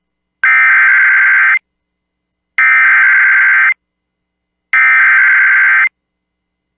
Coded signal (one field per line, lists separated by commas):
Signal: Emergency Alert System (SAME) tones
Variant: header bursts